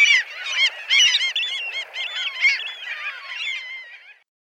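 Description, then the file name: Caspian gull calls in a dense, laughing series of nasal, chevron-shaped notes that tumble over one another, loud at first and fading toward the end. "Golosa ptic - Hohotunya Larus cachinnans"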